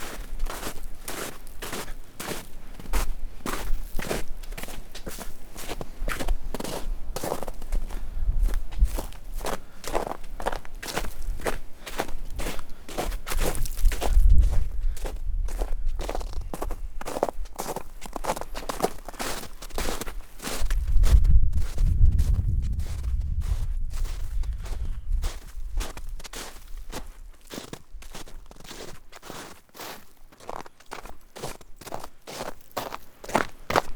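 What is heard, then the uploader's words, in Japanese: Footsteps on a walking path through nature, a steady run of quick crunchy steps filling the whole half-minute. Low rumbles swell around fifteen and twenty-two seconds, and the steps grow slightly sparser and quieter toward the end. お散歩道の自然の音。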